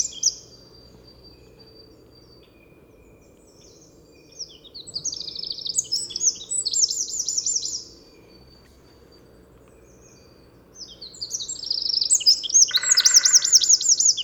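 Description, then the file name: Eurasian wren song: two bursts of rapid, high, jingling notes and trills, each lasting about three to four seconds, with a short lower buzzy burst near the end. "Troglodytes troglodytes"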